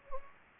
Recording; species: mosquito wingbeat signal from an infrared sensor; Anopheles gambiae